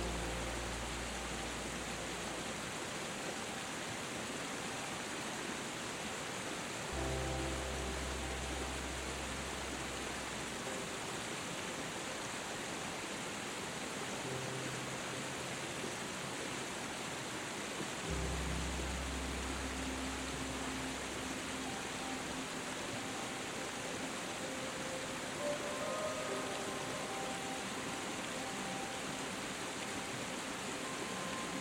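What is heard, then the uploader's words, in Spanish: A waterfall rushes in a steady, dense hiss that fills everything from low to bright without pause. Beneath it, soft low music tones shift every few seconds, with sustained bass notes changing around 7, 14 and 18 seconds, while faint higher notes drift in later. Una CASCADA Apacible y una MÚSICA Suave. El murmullo apacible de una cascada se entrelaza con la dulzura de una melodía envolvente.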